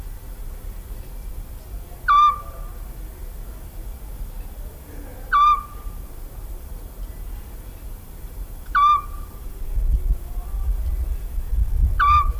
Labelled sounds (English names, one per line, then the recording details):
Eurasian Scops Owl
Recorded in the wild
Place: Chersonissos, Insel Kreta, GR
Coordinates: 35.3083, 25.3833
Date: 1996-09-24 22:37
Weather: sunny, 25-28°C
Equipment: Sony MD-WM MZ-R3, Sennheiser MKH 416 T, Kopie Uher 4000 Report Monitor
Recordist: Tembrock, Günter
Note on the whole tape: Rufreihen, bei Piskopiano